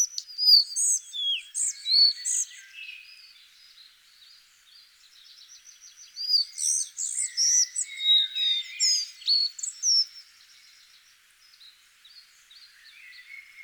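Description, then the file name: Collared flycatcher song in two bursts of high, squeaky, varied chirps and whistles, separated by a few seconds of soft, faint twittering. "Halsbandsflugsnappare"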